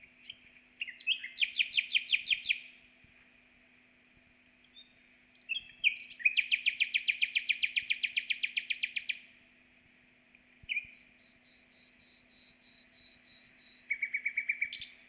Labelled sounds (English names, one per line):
Common Nightingale song